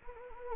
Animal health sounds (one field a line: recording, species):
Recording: mosquito wingbeat signal from an infrared sensor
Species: Anopheles gambiae